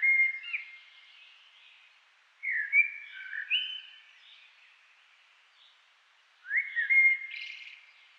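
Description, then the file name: Common blackbird singing rich warbled whistles, three phrases over about eight seconds. "Turdus merula"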